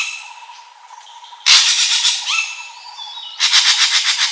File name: suara burung ekek layongan atau cissa chinensis